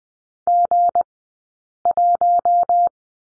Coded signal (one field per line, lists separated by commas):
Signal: Morse code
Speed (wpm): 20 wpm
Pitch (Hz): 700 Hz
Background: none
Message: G1